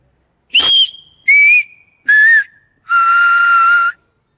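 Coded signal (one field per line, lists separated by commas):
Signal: whistled language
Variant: Silbo Gomero (Canarian)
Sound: four breathy whistled notes, each lower than the last, the final one longest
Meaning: The four whistled vowel sounds, with o and u sharing one sound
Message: i e a o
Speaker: Sería la i, la e, la a y la o y la u que están juntas. Vale, te puedo hacer una una muestra. Sería i e a o.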